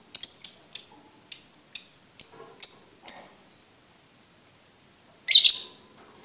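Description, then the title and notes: Lovebird chirps: a quick run of sharp, high chirps about every half second, then a pause and one brief harsh burst. For birds to learn the ngekek song style. "MASTERAN BURUNG. Belajar Ngekek. lofbet"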